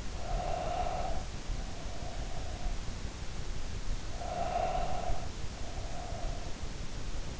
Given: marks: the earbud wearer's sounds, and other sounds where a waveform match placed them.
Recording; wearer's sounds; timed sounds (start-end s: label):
sounds in sleep by an in-ear microphone; breath
0.00-2.89 s: breath
3.85-6.67 s: breath